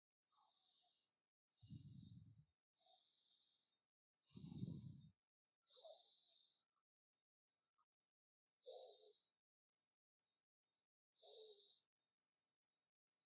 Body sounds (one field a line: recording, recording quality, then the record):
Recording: deep breathing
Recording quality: excellent, no background noise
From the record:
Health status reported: healthy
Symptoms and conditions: none ticked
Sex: female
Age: 42 years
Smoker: not ticked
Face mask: not worn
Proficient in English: yes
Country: India